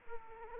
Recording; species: mosquito wingbeat signal from an infrared sensor; Aedes aegypti